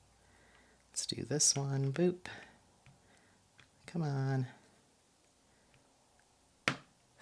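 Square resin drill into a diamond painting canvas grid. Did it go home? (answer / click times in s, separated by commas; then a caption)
yes / 6.7 s. A square resin diamond-painting drill is pressed onto the glued canvas between neighbouring drills while someone talks, followed by a few faint taps. At 6.7 s a sharp click is heard as the drill snaps into alignment and seats.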